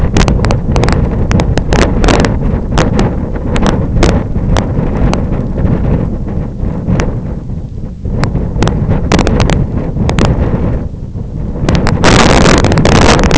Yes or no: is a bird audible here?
no